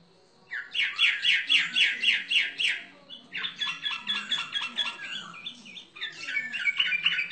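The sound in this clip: Bird song in three bursts of rapid, repeated bright chattering notes, separated by short breaks.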